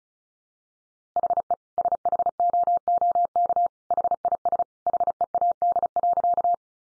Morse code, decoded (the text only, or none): HE SHOOK HIS HEAD.